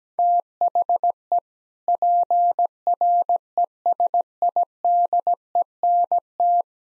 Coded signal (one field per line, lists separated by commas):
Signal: Morse code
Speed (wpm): 17 wpm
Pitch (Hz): 700 Hz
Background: none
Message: THE PRESIDENT